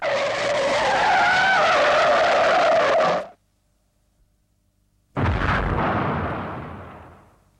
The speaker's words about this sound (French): Ça y est, je me souviens maintenant. J'ai été renversé par une voiture.